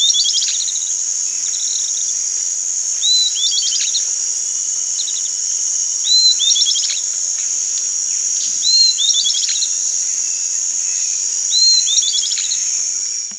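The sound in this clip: Bird calls: a short rising whistle then a quick cluster of high notes, repeated about every three seconds over a loud steady insect drone.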